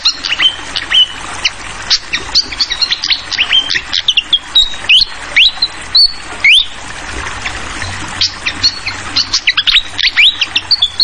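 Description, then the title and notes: Fantail delivering busy, high-pitched chirps interspersed with short upslurred whistles, set against a continuous wash of running water. Clear-voiced song mixed with the sound of trickling water, used for tutoring songbirds (masteran). "Masteran Sikatan Kipas Suara Jernih Dan Suara Gemericik Air. Suara Burung Sikatan Londo"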